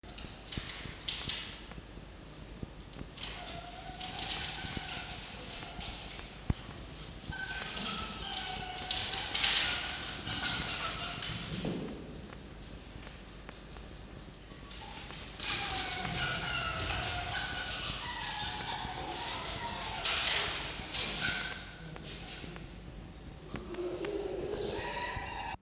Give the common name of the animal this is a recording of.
Red Fox